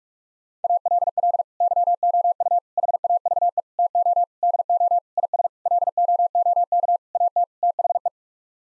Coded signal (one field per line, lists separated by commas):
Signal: Morse code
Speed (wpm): 46 wpm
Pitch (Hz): 700 Hz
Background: none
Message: ALL YOU HAVE TO DO IS LOOK AT THE